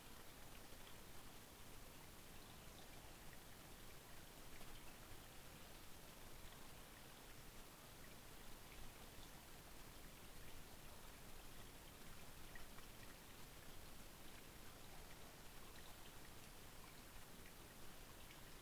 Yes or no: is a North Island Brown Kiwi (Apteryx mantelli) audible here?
no